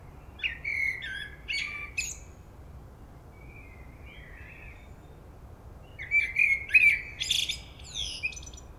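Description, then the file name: Common blackbird song: a fluty whistled phrase with scratchy high twitters, a quiet soft warble, then after a pause a second rich phrase with squeaky notes. "Turdus merula"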